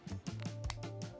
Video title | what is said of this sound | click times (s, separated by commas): 10 ULTIMATE DIY Plumbing Mistakes Guide & How to Fix Them - Plumberparts | That click there, and now you can do up. | 0.7 s